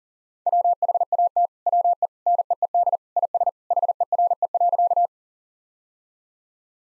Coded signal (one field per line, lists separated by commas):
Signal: Morse code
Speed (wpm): 40 wpm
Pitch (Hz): 700 Hz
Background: none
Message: WHAT WE NEED IS HERE.